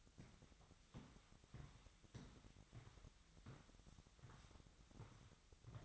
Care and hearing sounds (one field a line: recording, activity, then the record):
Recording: daily activity, microphone in the room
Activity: walk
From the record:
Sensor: 3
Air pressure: 1001.6 hPa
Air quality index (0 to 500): 228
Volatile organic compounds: 34 ppm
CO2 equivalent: 3042 ppm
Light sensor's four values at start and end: 13/39/17/14 and 13/38/16/14